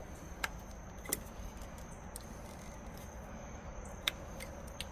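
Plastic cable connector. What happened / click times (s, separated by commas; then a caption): Handled, not yet home: the connector halves are being lined up but have not clicked in / none. Someone handles the two halves of a plastic weatherproof power-cable connector for a trailer winch, lining them up lip-to-tab, with short sharp handling ticks at about 0.4, 1.1 and 4.1 seconds over a steady background hiss. Nothing has seated or clicked yet.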